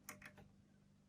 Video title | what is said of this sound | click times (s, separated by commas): How to use Baby Lock BL101 Blind Hemmer | and hopefully you heard that little click and you can feel the tension on the thread | 0.1 s